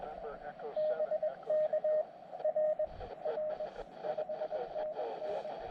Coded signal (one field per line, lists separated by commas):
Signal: Morse code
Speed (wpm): 22 wpm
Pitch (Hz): 620 Hz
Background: speech, radio noise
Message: BK R R 5NN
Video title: Red Mountain, WA SOTA | Summits On The Air | QRP Morse Code